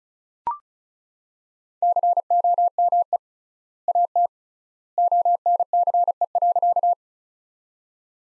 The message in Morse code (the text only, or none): COME AT ONCE.